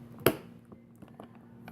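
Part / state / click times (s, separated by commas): lock tumbler into pannier lock housing / seated / 0.3 s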